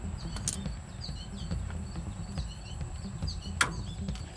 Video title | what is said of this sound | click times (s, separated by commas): SPARTAN LOCKER Install - More traction to match the POWER | oh there you go here that little snap those two pins are engaged where they should be | 3.6 s